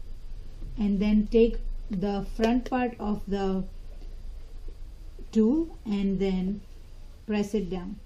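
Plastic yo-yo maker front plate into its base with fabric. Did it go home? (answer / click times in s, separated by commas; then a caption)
no / none. Someone talks while handling the plastic front plate of a yo-yo maker, getting ready to press it down over fabric into the grooves of its base. Only speech is heard, with no distinct click. Nothing has seated or snapped into place yet.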